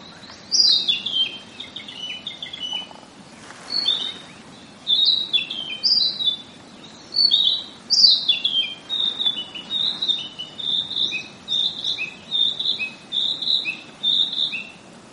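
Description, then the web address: Narcissus flycatcher song: bright, varied whistled phrases that slur downward, settling into a repeated rhythmic phrase, with soft background hiss. "albatrusclub 100605 kibitaki"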